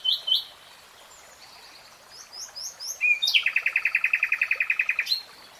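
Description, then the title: Nightingale singing brief chirps and soft high notes, then a loud, rapid, evenly repeated trill of many beats before stopping. Nightingale singing in real time. "[Tiếng chim hót] REALTIME Nightingale Singing"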